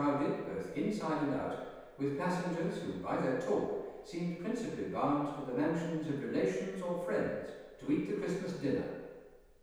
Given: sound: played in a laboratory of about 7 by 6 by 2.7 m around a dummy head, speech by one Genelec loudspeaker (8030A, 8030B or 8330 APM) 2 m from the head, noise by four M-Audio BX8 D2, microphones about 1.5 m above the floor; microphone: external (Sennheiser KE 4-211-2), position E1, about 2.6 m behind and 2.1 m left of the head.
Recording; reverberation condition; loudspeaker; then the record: male speech in English; high; 30 degrees to the left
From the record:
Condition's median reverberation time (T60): about 1300 ms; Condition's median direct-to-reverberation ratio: about -4.0 dB